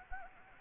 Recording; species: mosquito wingbeat signal from an infrared sensor; Anopheles arabiensis